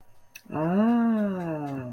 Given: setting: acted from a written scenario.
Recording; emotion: vocal sound without words; awe